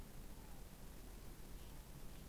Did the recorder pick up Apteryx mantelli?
no